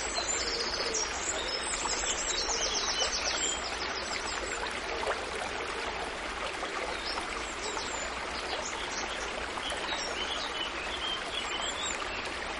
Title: Suara Guntur Air Mengalir Dan Kicau Burung